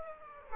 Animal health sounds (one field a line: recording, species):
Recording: mosquito wingbeat signal from an infrared sensor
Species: Aedes aegypti